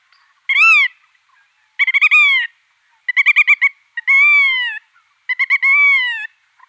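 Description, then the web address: Black-tailed godwit display calls, several nasal phrases mixing drawn-out slurred calls and quick stuttering series. "Schulze Peter Black-tailed Godwit display"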